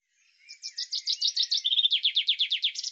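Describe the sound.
Bird giving fast, repeated high notes, each a quick downward slur, running continuously for about two and a half seconds with a brief steady tone in the middle.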